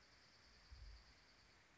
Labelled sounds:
Dark-eyed Junco
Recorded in Sonoma County, California

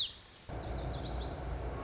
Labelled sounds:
Lazuli Bunting
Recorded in Sonoma County, California

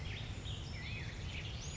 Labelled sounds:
Black-headed Grosbeak
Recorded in Sonoma County, California

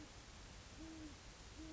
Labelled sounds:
Great Horned Owl
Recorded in Sonoma County, California

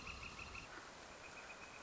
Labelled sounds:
Northern Flicker
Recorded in Sonoma County, California

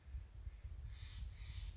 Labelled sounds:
Steller's Jay
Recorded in Sonoma County, California

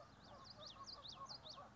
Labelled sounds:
Common Yellowthroat
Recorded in Sonoma County, California

